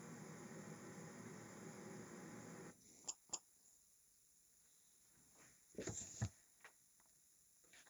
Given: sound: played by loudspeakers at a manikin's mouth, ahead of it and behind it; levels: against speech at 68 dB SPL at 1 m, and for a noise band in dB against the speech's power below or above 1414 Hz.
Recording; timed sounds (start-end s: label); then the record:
test signals for a remote microphone
0.00-2.70 s: speech-spectrum noise from behind
3.07 s: click
3.32 s: click
From the record:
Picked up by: remote microphone A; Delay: 47 ms